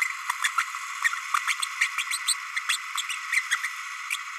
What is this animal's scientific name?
Forpus passerinus